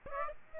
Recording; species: mosquito wingbeat signal from an infrared sensor; Aedes aegypti